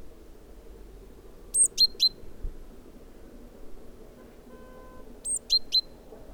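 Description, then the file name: Great tit calls: two bursts of three sharp, high, clipped notes, about four seconds apart, with a faint steady tone between them. "Parus major"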